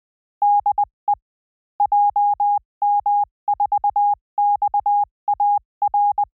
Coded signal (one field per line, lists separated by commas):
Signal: Morse code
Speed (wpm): 20 wpm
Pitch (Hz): 820 Hz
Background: none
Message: DE JM4XAR